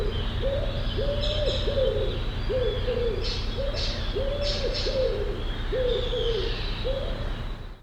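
Bird giving a series of short, arched hooting coos, with a few sharp high chirps from other birds and a droning low hum throughout.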